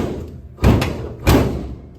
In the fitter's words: Snaps right in, man.